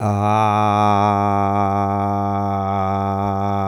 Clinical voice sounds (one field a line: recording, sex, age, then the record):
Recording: sustained vowel /a/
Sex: male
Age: 60 to 69 years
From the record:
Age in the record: 61 years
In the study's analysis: included